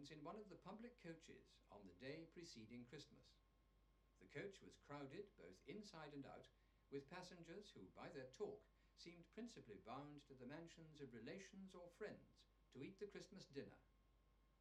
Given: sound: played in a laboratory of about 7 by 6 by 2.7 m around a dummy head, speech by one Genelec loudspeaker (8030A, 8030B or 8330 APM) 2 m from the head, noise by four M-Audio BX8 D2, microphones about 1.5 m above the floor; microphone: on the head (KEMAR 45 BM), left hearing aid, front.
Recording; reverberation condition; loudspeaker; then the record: male speech in English; low; in front (0 degrees)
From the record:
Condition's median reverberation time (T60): about 310 ms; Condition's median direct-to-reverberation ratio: about 3.5 dB